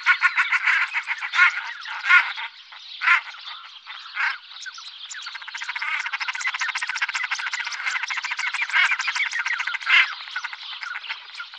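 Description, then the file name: Common shelduck calls, scattered loud nasal notes at first, then a steady fast rattling cackle with occasional stronger bursts. "Gravand"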